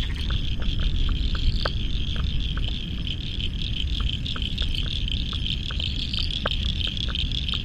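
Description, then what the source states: Frog chorus of rapid scattered clicks over a persistent high-pitched trill that swells briefly, with a broad low roar underneath. Spring frog chorus at dusk by the South Pacific Ocean, Royal National Park, Australia, November 2015.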